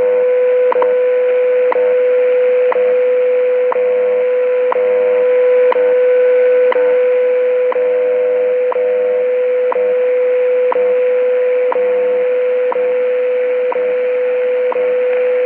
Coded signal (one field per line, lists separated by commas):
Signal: radio time signal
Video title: Shortwave Radio: WWV - Time Signal Station - 5000khz